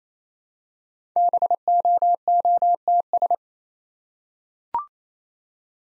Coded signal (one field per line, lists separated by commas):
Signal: Morse code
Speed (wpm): 27 wpm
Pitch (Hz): 700 Hz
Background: none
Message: BOOTS